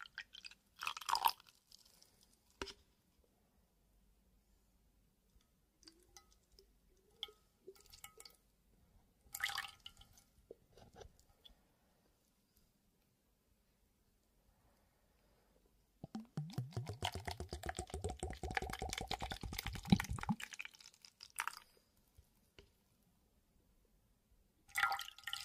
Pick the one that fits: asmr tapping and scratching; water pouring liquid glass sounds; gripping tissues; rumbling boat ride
water pouring liquid glass sounds